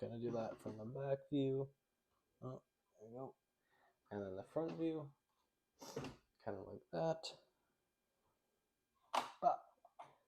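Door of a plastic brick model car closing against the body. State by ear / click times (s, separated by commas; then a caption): seated / 9.2 s. Someone talks while swinging the door of a plastic brick-built 1969 Camaro Z28 model car closed against the body. At 9.2 s the door snaps into its closed position with a sharp, satisfying click and locks in, seated shut.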